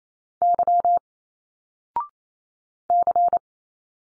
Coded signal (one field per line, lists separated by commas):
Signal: Morse code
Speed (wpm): 28 wpm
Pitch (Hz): 700 Hz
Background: none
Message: Y C